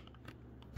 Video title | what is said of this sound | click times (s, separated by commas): Hoover WindTunnel Air Steerable In-Depth Vacuum Review (UH72400) | Hear that click? | 0.3 s